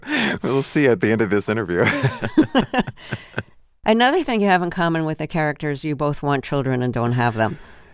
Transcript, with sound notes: We'll see at the end of this interview.
(LAUGHTER)
Another thing you have in common with the character is you both want children and don't have them.